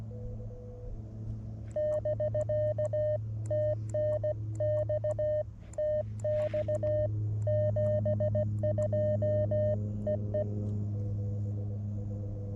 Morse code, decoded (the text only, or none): <BK> TNX TX 72 EE